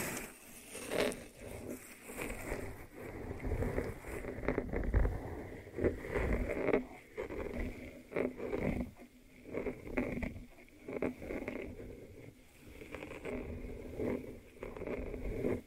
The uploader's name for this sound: ASMR 3D Brain Penetrating Ear Treatment